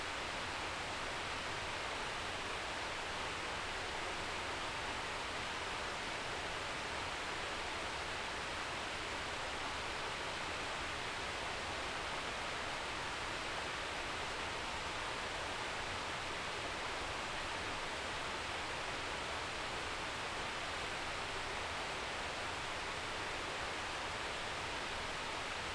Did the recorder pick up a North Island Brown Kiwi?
no